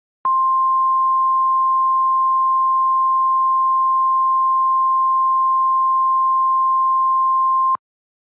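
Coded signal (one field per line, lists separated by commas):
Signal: Emergency Alert System (SAME) tones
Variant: 1050 Hz attention tone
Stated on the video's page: Fictional EAS scenario.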